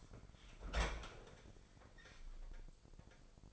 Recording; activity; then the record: daily activity, microphone in the room; open fridge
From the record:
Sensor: 5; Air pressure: 995.4 hPa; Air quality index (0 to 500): 98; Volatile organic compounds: 6 ppm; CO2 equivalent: 1873 ppm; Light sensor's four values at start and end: 34/83/33/34 and 38/90/36/37